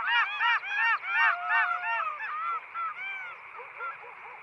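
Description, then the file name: Golden jackals yipping rapidly, a fast run of short, sharp, bouncing cries, then fading into scattered yelps. "Stimme Goldschakal"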